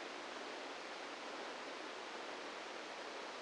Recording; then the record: brain microelectrode recording played as sound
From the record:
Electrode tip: inside the subthalamic nucleus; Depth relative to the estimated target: -4 mm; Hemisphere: right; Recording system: NeuroSet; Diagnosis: Parkinson's disease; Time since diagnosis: 17 years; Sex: male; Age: 64 years